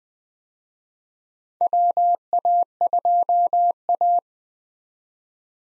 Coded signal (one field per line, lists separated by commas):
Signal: Morse code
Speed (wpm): 20 wpm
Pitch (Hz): 700 Hz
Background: none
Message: WA2A